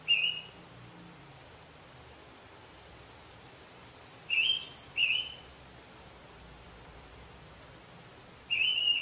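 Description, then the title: Orange-headed thrush giving short, sweet whistled phrases, a few bright slurred notes separated by several seconds of quiet. "Anis Merah"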